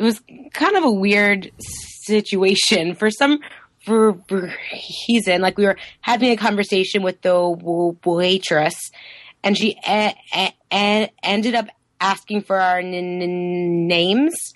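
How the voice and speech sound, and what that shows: An adult woman speaking conversationally with stuttering. The stuttering is relaxed and not associated with struggle.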